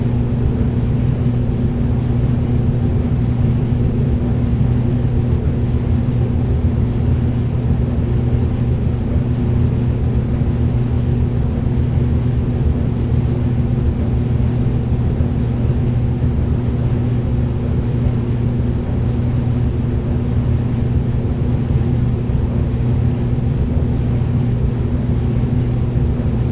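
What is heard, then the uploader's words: A tumble dryer runs steadily while drying clothes, a constant low rumble with a firm hum that never changes over the whole half minute. The sound is dense, dark and heavy, with only faint hiss above it and no distinct events. Tumble Dryer Drying Clothes.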